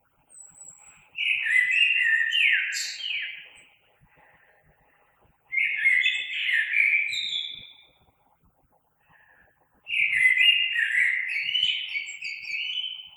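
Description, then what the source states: Common blackbird song: three rich fluting phrases, each roughly two to three seconds, with high squeaky flourishes at the ends and quiet gaps between. Recorded 3 March 2020.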